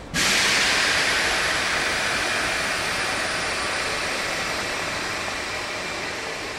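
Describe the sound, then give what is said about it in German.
Ambience at the train station in Reggio Emilia, dominated by a loud, steady rushing hiss, like air or steam venting, that starts abruptly and holds evenly for several seconds, fading very slightly, with no voices. “Man kann ihn am Bahnhof in Reggio Emilia treffen.”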